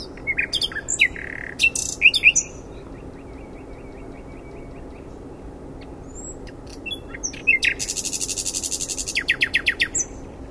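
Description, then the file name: Common nightingale song with scattered sharp notes and chirps, a soft ticking run, a silent gap, then a rapid buzzy trill and bursts of repeated notes. "Luscinia megarhynchos"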